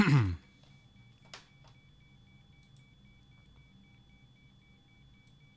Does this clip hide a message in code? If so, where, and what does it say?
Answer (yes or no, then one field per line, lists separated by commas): no